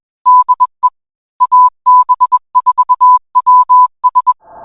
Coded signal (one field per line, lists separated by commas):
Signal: Morse code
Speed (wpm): 21 wpm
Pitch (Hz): 1000 Hz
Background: none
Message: DE AB4WS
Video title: AB4WS RADIO SHOW Week of March 15, 2024